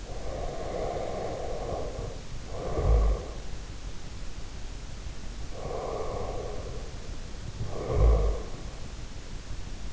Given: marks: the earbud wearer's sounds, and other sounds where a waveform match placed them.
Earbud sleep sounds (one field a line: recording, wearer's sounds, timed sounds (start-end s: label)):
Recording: sounds in sleep by an in-ear microphone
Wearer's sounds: breath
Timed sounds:
0.00-3.64 s: breath
5.32-8.77 s: breath